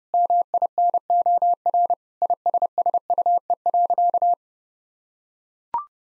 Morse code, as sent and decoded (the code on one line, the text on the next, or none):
-- .. -. --- .-. / .. ... ... ..- . .-.-.-
MINOR ISSUE.